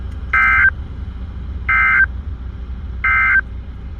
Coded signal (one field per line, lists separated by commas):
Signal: Emergency Alert System (SAME) tones